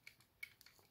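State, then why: Seated. A plastic fold-up piece on a Transformers Universe Ultra Class Storm Cloud transforming figure is folded up and locks into place, stopping the figure's sound feature from continuing. Small, sharp plastic ticks come first, then a louder, crisp click at 0.4 s as the piece locks in, followed by a few softer ticks.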